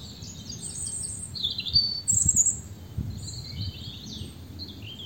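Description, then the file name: European robin singing high, varied, squeaky phrases and brief trills, with soft low thumps in the background. "Erithacus rubecula"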